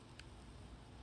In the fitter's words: clicks in easy easy oh oh